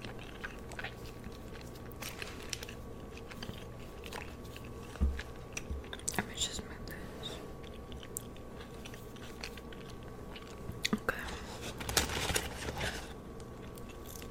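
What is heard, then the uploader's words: Mukbang eating of a spicy chicken burger, onion rings, cheesecake and bubble tea: a steady run of bites and chewing with short crisp clicks scattered throughout. A sharp thump comes near five seconds, and a denser burst of crunching arrives around twelve seconds, over a constant low hum. ASMR Mukbang (Spicy Chicken Burger, Onion Rings, Cheesecake & Bubble Tea).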